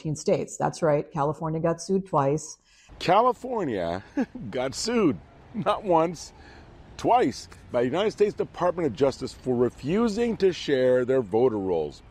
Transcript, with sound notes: That's right, California got sued twice.
California (laughs) got sued not once, twice by United States Department of Justice for refusing to share their voter rolls.